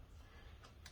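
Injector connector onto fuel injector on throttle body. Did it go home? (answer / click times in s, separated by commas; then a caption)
yes / 0.9 s. A fuel injector electrical connector is pushed onto the fuel injector on a motorcycle throttle body. It gives a small, sharp click at 0.9 s over a low background hum, and the connector is seated.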